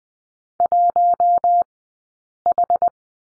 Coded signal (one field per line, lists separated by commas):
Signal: Morse code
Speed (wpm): 20 wpm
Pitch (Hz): 700 Hz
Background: none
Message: 1H